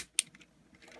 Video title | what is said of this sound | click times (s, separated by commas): Young Toys - Biklonz INFINITY | This piece right here just folds up and clips onto the back here of | 0.2 s